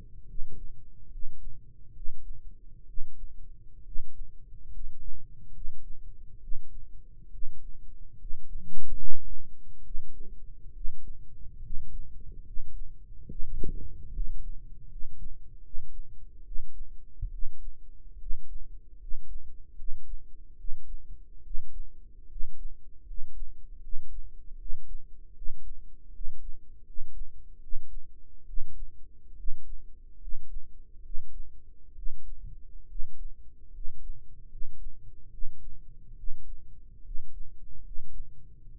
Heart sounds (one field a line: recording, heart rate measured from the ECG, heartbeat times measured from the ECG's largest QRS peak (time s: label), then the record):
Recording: heart sounds by microphone in the right ear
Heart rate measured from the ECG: 72 bpm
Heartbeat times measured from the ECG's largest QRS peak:
0.22 s: heartbeat
1.05 s: heartbeat
1.89 s: heartbeat
2.82 s: heartbeat
3.80 s: heartbeat
4.66 s: heartbeat
5.48 s: heartbeat
6.36 s: heartbeat
7.27 s: heartbeat
8.14 s: heartbeat
8.91 s: heartbeat
9.79 s: heartbeat
10.69 s: heartbeat
11.57 s: heartbeat
12.40 s: heartbeat
13.24 s: heartbeat
14.08 s: heartbeat
14.84 s: heartbeat
15.58 s: heartbeat
16.40 s: heartbeat
17.27 s: heartbeat
18.14 s: heartbeat
18.94 s: heartbeat
19.72 s: heartbeat
20.53 s: heartbeat
21.39 s: heartbeat
22.24 s: heartbeat
23.01 s: heartbeat
23.77 s: heartbeat
24.54 s: heartbeat
25.30 s: heartbeat
26.08 s: heartbeat
26.80 s: heartbeat
27.57 s: heartbeat
28.42 s: heartbeat
29.32 s: heartbeat
30.15 s: heartbeat
30.99 s: heartbeat
31.91 s: heartbeat
32.84 s: heartbeat
33.68 s: heartbeat
34.45 s: heartbeat
35.27 s: heartbeat
36.12 s: heartbeat
36.99 s: heartbeat
37.79 s: heartbeat
38.68 s: heartbeat
From the record:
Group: healthy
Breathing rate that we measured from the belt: 16 breaths a minute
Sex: male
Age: 22 years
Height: 185 cm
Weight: 112.4 kg